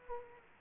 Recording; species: mosquito wingbeat signal from an infrared sensor; Aedes aegypti